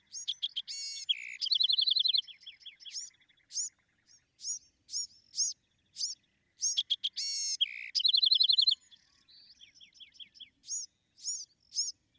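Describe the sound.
Bewick's wren song: two complex phrases of buzzy notes and a fast musical trill, separated by sharp high chip notes.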